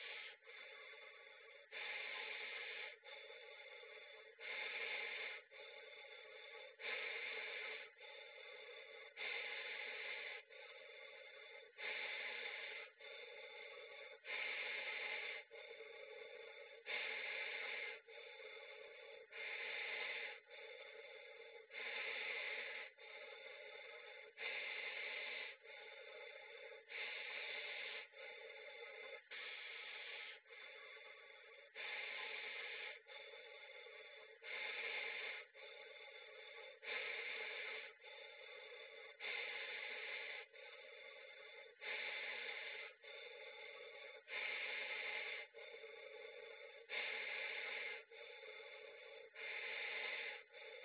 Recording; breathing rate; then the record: paced breathing near a phone; 24 breaths a minute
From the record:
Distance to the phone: 40 cm